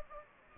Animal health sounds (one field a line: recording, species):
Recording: mosquito wingbeat signal from an infrared sensor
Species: Anopheles gambiae